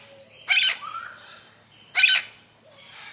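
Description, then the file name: Lilac-crowned amazon giving two loud, harsh squawks about one and a half seconds apart, with faint whistles and soft bird chatter behind. Captive bird squawking close up in a large tropical aviary, with other parrots and doves calling in the background. "zapsplat. tropical large avery parrots doves in bg one lilac crowned amazon parrot close up squawks"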